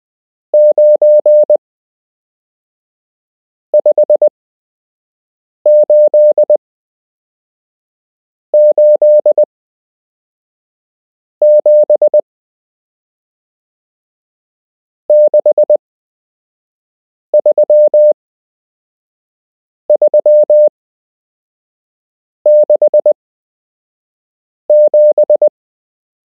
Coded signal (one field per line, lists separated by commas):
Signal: Morse code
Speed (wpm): 20 wpm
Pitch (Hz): 600 Hz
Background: none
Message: 95887 63367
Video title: You can learn Morse code - Part 7